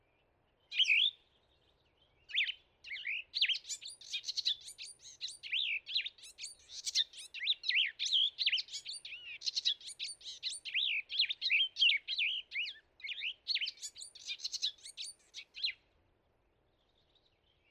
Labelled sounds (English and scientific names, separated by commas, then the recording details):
Plumbeous Vireo (Vireo plumbeus) song
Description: Plumbeous Vireo song recorded in Hollowell Park in Rocky Mountain National Park
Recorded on 6 June 2017